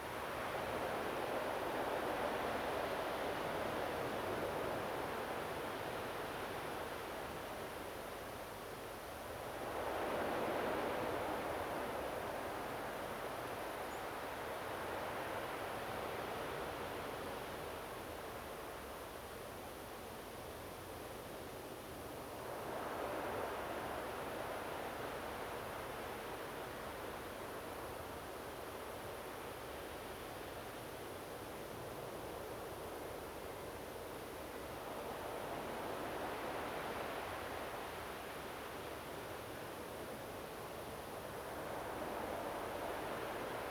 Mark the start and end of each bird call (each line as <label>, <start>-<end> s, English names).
European Robin, 13.89-13.99 s